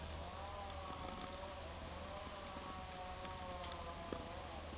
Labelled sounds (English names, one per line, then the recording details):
none
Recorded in secondary vegetation near Puerto Asís, Putumayo, Colombia, on 27 June 2025
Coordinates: 0.488, -76.319
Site G094